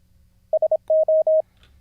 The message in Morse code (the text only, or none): SO